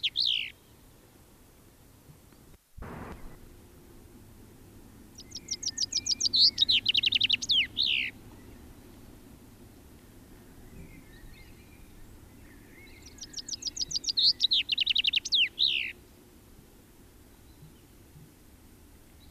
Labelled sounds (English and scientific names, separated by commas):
Common Chaffinch (Fringilla coelebs) song